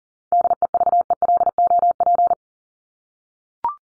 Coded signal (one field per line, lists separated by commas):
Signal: Morse code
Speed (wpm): 40 wpm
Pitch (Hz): 700 Hz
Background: none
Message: DEVELOP